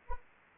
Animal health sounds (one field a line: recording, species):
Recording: mosquito wingbeat signal from an infrared sensor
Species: Anopheles arabiensis